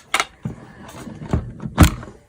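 Someone presses the release button on the side of a small portable photo printer, and the ink cartridge releases with a sharp click at 0.2 seconds. Softer clicks and handling noises follow, with another clear knock near 1.8 seconds.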